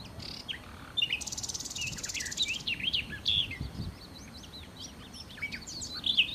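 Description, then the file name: Common nightingale song with a buzzing rasp, then varied whistled notes and slurred chirps in an irregular sequence. "Nachtigall"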